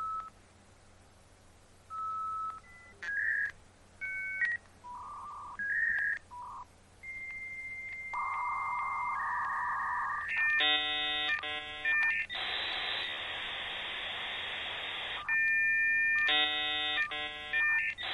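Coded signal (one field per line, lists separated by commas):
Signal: dial-up modem handshake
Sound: dialing tone pairs, steady answer tones, buzzy harmonic bursts, then loud hissing static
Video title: ASMR for Computer Geeks (Dial Up Sounds)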